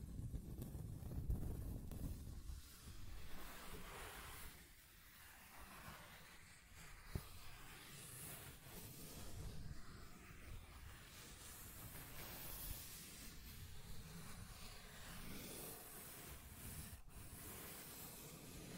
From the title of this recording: Scratching and Tracing Sounds